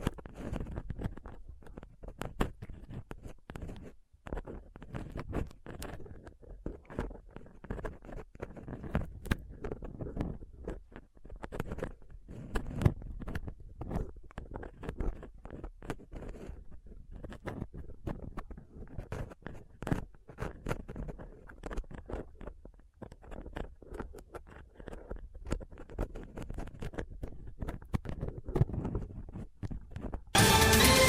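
A microphone is picked and scraped with a dental pick, tweezers and a cotton swab, making a dense, uneven stream of scratches, taps and crackles, mostly low and muffled with occasional sharp ticks. Right at the end a sudden loud rushing burst takes over.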